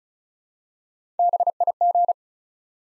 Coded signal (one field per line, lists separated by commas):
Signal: Morse code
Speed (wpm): 36 wpm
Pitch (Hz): 700 Hz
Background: none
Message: BIG